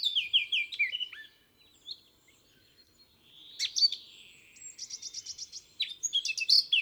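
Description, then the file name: Eurasian blackcap song: a run of clear, descending whistled notes, a pause, then scattered chatter and a rapid series of repeated short notes. "Sylvia atricapilla"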